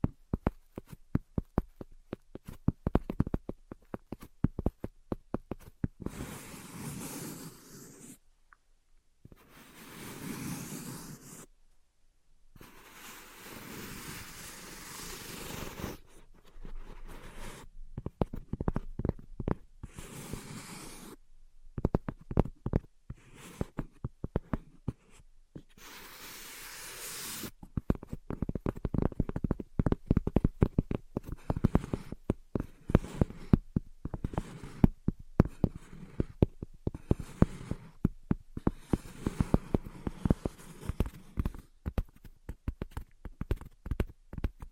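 Tapping and scratching in irregular bursts, with sharp taps clustering into rapid runs and pausing in short silences. Longer hissing scratch strokes fill stretches around 6–8, 12–16, 20 and 25–27 seconds, and quick dense tapping dominates the final twenty seconds.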